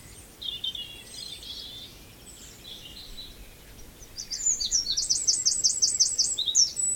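Wren giving scattered high chirps, then a fast rattling run of sharp repeated ticks in the last three seconds over a steady background hiss.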